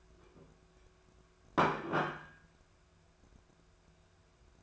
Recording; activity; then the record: daily activity, microphone in the room; place plate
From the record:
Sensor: 2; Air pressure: 1014.9 hPa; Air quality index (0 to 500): 204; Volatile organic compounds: 20 ppm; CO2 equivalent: 2691 ppm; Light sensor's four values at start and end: 10/23/9/10 and 9/22/9/10